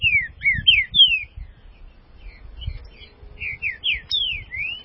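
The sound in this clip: Green-winged saltator song: rich whistled phrases of downslurred and upslurred notes in two bursts, with a softer pause of faint notes between them, over light low rumble.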